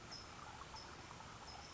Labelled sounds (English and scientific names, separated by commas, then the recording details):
California Towhee (Melozone crissalis)
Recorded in Sonoma County, California